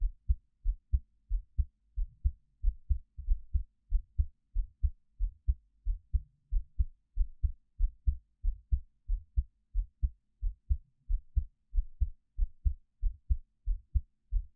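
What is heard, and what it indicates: Steady, deep, muffled thumps come in paired beats at about 90 a minute with a regular rhythm. It is an adult heartbeat picked up close with a 3Dio binaural microphone, with no talking and a quiet background.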